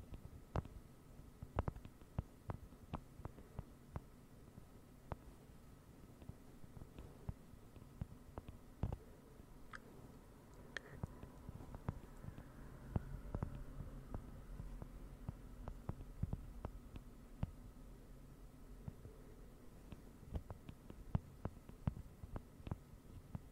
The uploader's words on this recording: ASMR NO TALKING slow rain-like Tapping.